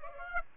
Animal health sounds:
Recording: mosquito wingbeat signal from an infrared sensor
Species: Aedes aegypti

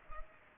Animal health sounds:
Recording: mosquito wingbeat signal from an infrared sensor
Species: Culex pipiens

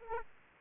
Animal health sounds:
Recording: mosquito wingbeat signal from an infrared sensor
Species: Aedes aegypti

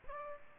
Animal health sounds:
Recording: mosquito wingbeat signal from an infrared sensor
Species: Aedes aegypti

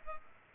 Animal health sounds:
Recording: mosquito wingbeat signal from an infrared sensor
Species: Culex pipiens

